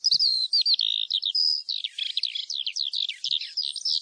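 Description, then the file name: Eurasian skylark singing a fast, high warble: clear whistled slurs then a tumbling run of buzzy, chattering notes, all packed tightly together. "ALLODOLA"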